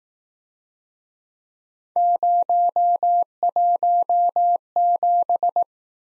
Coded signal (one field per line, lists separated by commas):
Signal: Morse code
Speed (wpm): 19 wpm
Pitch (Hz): 700 Hz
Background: none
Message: 017